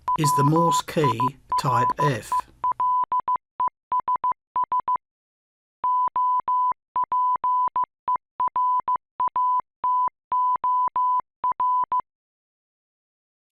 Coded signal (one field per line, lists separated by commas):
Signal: Morse code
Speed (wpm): 15 wpm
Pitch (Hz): 1000 Hz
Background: speech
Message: WIRELESS OPERATOR